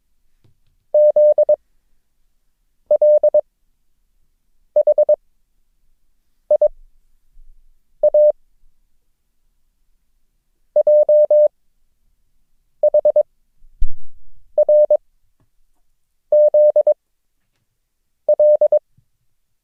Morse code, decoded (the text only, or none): ZLHIA JHRZL